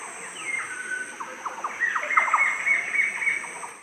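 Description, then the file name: Red-breasted Paradise Kingfisher calls: a descending whistle, a flurry of short clipped notes and a long wavering whistled phrase, against a continuous high background hum. "suara cekakak pita dada jingga"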